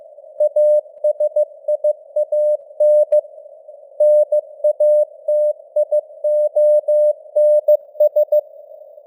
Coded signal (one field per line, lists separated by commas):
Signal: Morse code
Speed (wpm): 15 wpm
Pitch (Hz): 600 Hz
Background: none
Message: ASIAN NATIONS